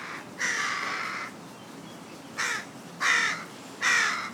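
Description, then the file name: Carrion crow giving one long, drawn-out hoarse caw followed by three shorter rasping caws, spaced out. "Corvus corone"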